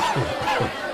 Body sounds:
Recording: coughing mixed with background sound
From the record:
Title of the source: Dry Coughing Fit in the Afternoon.

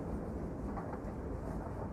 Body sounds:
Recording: background sound without coughing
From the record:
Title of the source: Train Ride Ambience ambient white noise for sleeping, focus, studying, reading

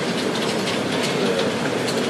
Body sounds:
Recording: background sound without coughing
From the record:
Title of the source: Office Sounds Ambience - Background Noise for Study and Work

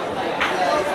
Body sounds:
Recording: background sound without coughing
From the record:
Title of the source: CITY SOUNDS Busy Bar in the Evening Night - 2 HOURS of Ambiance for Relaxation

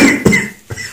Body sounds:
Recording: coughing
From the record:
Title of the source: Mid-morning Winter Coughing Fit

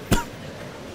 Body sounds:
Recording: coughing mixed with background sound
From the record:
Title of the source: Coughing 51

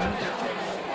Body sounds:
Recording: coughing mixed with background sound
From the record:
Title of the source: Barking cough - # 10

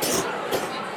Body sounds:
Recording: coughing mixed with background sound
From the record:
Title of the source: 34 coughing up crap again

